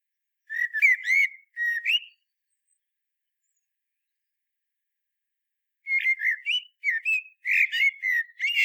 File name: Turdus merula